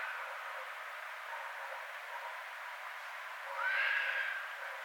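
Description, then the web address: Red fox giving one short, rasping scream that rises briefly near the end, after several seconds of quiet hiss. Recorded 6 February 2012. "Red Fox 2012 02 06 Red Fox"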